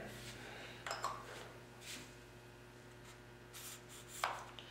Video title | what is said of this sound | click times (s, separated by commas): Bob Long G6R and Victory Pressure Testers | and it's in you hear it click it's in there | 4.2 s